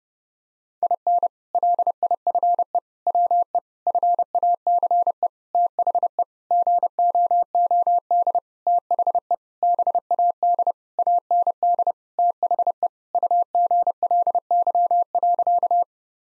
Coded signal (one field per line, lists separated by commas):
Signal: Morse code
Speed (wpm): 32 wpm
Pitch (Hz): 700 Hz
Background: none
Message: IN LIFE WE FACE THE GOOD THE BAD AND THE UGLY.